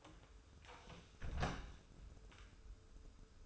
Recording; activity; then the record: daily activity, microphone in the room; close door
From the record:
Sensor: 2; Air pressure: 1015.0 hPa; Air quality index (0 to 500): 174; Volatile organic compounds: 10 ppm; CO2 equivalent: 2264 ppm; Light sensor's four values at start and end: 10/29/11/12 and 9/26/10/11